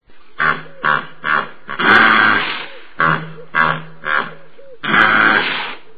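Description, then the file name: Hippopotamus grunting: short, harsh, rhythmic bursts and two longer, louder roaring grunts, with brief pauses between. "Zvuki zhivotnyh - Begemot"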